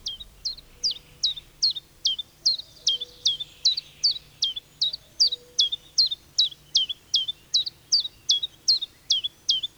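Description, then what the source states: Common Chiffchaff singing a steady run of high, sharp, slurred notes, about two or three per second, continuing without a break. Singing in the middle of a spruce forest in Finland; the song is said to sound out the bird's own name.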